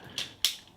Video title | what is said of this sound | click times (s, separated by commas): Transformers RID 2001 (Car Robots) Megatron Review | and you just slide or rotate the forearms down until they click into place. | 0.5 s